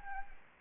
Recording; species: mosquito wingbeat signal from an infrared sensor; Anopheles gambiae